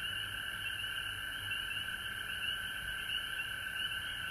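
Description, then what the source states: Frogs trilling in a thick, continuous chorus of high notes over a quiet low hum. Frogs recorded at home in Georgia on March 19, 2020.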